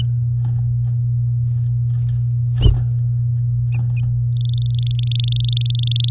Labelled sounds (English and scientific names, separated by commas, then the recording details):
Domestic Canary (Serinus canaria) song
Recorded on 6 May 2018 at 11:46
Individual llb16